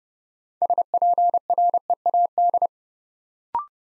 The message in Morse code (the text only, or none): SPREAD